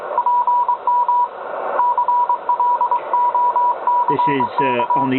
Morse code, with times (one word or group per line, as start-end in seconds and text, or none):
0.2-1.2 PM
1.8-5.1 CLOCK